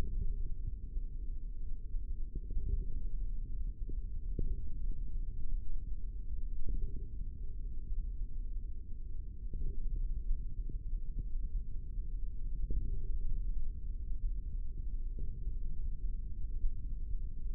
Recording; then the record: forearm muscle sounds (acoustic myography)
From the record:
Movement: finger pinch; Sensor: system 3, bracelet of six PUI Audio POM-2738L microphones around the upper forearm, with dedicated amplification and filtering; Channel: 4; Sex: male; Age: 25 years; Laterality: right